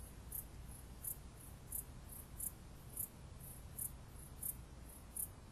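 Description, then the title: Cicada song: short, very high-pitched hissing pulses repeated at a steady rate over a low background hum. "jsfanclub_cicada"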